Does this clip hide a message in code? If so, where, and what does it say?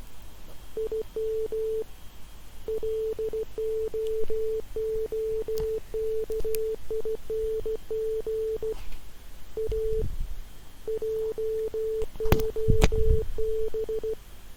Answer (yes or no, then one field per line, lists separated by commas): yes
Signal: Morse code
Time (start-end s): 0.8-14.1 s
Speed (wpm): 15 wpm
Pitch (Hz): 440 Hz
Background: none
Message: IM LOOKING A JOB